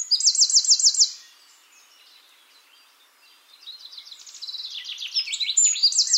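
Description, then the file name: Eurasian wren song in two bursts: a loud, fast, ringing trill at the start, a brief quiet pause, then another shrill rattling trill building toward the end. "Troglodytes troglodytes"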